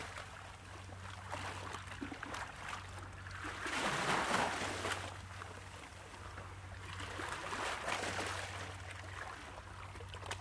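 Calming waves wash in a continuous hiss, swelling into a louder surge around four to five seconds and again near eight seconds before easing back. A low, steady hum runs underneath throughout, like a boat's engine, with light trickling and splashing on top.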